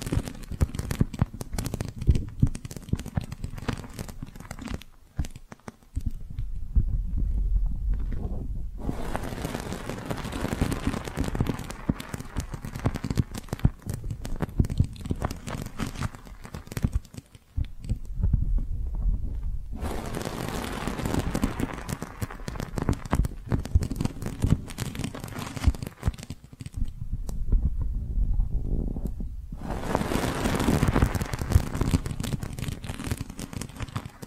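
Soft brushing and squishy handling sounds, with a steady low rumble underneath throughout. Brighter, scratchy bursts of brushing come in stretches of several seconds, roughly every ten seconds, separated by duller, muffled passages. The rubbing strokes are dense and crinkly.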